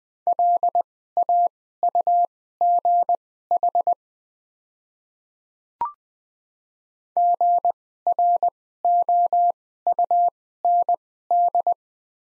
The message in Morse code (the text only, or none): LAUGH GROUND